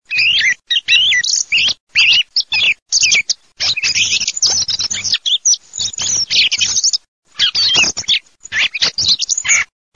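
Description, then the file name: Thrush song: loud, varied whistled and twittering phrases in choppy bursts with sudden gaps of silence, over a faint low hum. "TORDOS"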